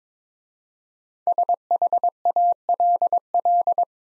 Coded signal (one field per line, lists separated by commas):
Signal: Morse code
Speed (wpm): 23 wpm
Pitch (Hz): 700 Hz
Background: none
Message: SHALL